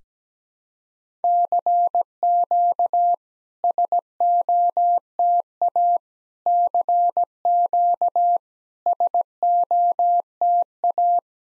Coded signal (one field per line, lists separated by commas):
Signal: Morse code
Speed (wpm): 18 wpm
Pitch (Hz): 700 Hz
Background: none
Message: CQ SOTA CQ SOTA